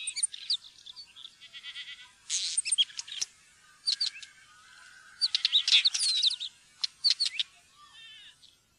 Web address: fuglelyder steinskvett